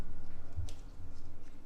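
On a Cadillac SRX, the button on an ignition coil's plastic wiring connector is pushed in and the connector is pulled downward off the engine coil. A single short click sounds at 0.7 s as the connector releases, over a low steady hum.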